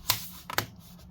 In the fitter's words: then you kind of push in towards the center as you push down you heard it all click into place